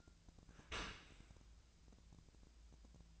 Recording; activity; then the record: daily activity, microphone in the room; open dishwasher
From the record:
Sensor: 2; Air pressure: 1000.4 hPa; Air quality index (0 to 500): 163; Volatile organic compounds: 3 ppm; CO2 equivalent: 1350 ppm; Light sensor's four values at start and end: 11/31/12/14 and 11/31/12/14